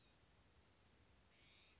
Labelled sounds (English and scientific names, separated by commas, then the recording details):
Blue-gray Gnatcatcher (Polioptila caerulea)
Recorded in Sonoma County, California